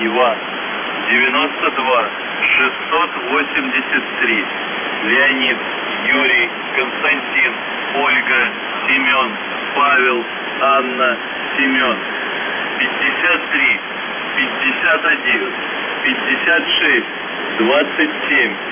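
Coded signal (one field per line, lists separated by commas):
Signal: coded military voice message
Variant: UVB-76, Russian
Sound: a Russian male voice reads phonetic-alphabet names and number groups over radio hiss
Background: radio static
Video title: UVB 76/ The Buzzer Voice Message January 12, 2022 07:48 UTC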